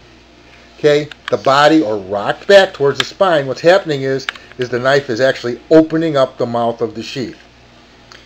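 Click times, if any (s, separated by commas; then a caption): 8.1 s. Someone talks as a Bark River Knives STS 5 fixed-blade knife is rocked back slightly toward the spine to open the mouth of its kydex sheath, then pushed forward into it. A short, sharp snap at 8.1 s marks the knife seating into the sheath's retention.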